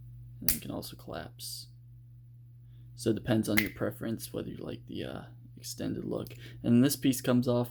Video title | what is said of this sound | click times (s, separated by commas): Jinbao KO Megatron review | It does have an extending portion that locks into place, and | 0.5 s